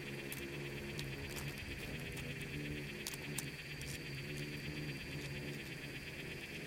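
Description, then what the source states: Insects in a swarm, a low continuous hum under a fast, pulsing high buzz and occasional sharp clicks. Bugs and beetles swarming in the Namib desert, recorded as part of its micro-sound soundscape.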